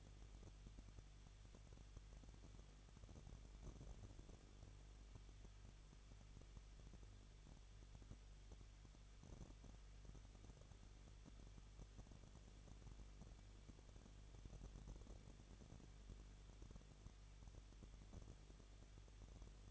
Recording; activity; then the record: daily activity, microphone in the room; no activity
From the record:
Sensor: 4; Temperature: 23.0 degrees Celsius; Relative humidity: 33.9%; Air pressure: 1007.2 hPa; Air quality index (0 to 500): 216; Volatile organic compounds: 15 ppm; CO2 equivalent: 2493 ppm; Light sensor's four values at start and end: 2/3/1/1 and 2/3/1/1